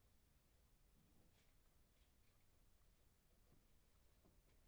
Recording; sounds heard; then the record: poultry house recording; no chicken sound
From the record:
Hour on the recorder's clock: 15